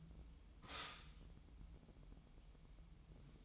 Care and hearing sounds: daily activity, microphone in the room; stop toaster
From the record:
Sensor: 1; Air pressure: 988.6 hPa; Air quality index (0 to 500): 196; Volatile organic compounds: 923 ppm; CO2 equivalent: 5225 ppm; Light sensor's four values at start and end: 25/94/35/37 and 25/94/35/37

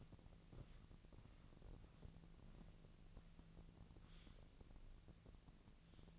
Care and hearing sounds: daily activity, microphone in the room; walk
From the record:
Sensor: 4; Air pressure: 1013.0 hPa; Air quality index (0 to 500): 170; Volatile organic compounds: 2 ppm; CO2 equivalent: 1082 ppm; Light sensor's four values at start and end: 70/172/73/78 and 69/170/72/77

